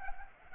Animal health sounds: mosquito wingbeat signal from an infrared sensor; Culex pipiens

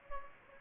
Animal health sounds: mosquito wingbeat signal from an infrared sensor; Anopheles gambiae

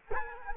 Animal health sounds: mosquito wingbeat signal from an infrared sensor; Culex quinquefasciatus

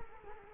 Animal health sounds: mosquito wingbeat signal from an infrared sensor; Culex quinquefasciatus

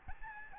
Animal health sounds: mosquito wingbeat signal from an infrared sensor; Aedes albopictus

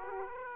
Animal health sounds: mosquito wingbeat signal from an infrared sensor; Aedes aegypti

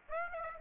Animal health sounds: mosquito wingbeat signal from an infrared sensor; Aedes aegypti

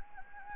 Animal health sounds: mosquito wingbeat signal from an infrared sensor; Anopheles gambiae

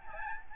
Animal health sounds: mosquito wingbeat signal from an infrared sensor; Aedes albopictus

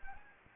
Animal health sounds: mosquito wingbeat signal from an infrared sensor; Anopheles gambiae

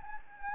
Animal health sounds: mosquito wingbeat signal from an infrared sensor; Anopheles gambiae

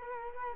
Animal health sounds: mosquito wingbeat signal from an infrared sensor; Culex quinquefasciatus

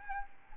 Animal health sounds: mosquito wingbeat signal from an infrared sensor; Aedes albopictus

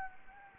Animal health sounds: mosquito wingbeat signal from an infrared sensor; Anopheles arabiensis

